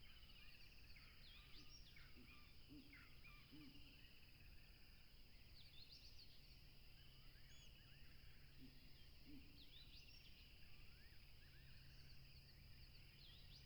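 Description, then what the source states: Crickets hold a shrill, continuous chorus throughout, joined by scattered short chirps and twitters from other animals, with low background rumble. Crickets at a tropical river, with a plane passing.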